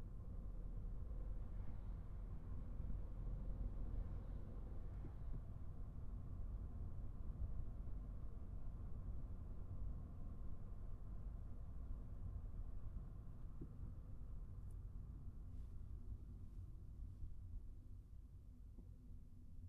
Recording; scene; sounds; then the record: everyday scene through a hearing-aid microphone; in a vehicle; engine, traffic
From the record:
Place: Skoda Fabia, gasoline engine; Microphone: behind the ear, right, front